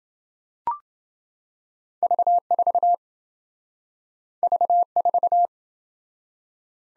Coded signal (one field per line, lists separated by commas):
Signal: Morse code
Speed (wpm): 27 wpm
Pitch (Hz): 700 Hz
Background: none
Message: V4 V4